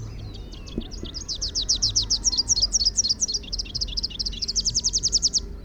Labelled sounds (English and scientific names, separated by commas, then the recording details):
Rufous-capped Warbler (Basileuterus rufifrons) song
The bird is a male
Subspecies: rufifrons
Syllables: 49
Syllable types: 10
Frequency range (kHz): 2.6-6.8 kHz
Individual MO-R01-M